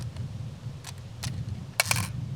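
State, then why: Seated. A sharp metallic snap at 1.8 s, with a quick second hit at 1.9 s, marks the stock locking.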